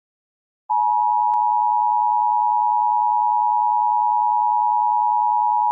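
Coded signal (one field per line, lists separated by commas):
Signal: Emergency Alert System (SAME) tones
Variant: 853 and 960 Hz attention tone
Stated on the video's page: Real Florida Amber Alert for a child abduction.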